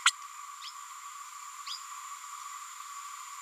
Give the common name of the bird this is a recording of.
Green-rumped Parrotlet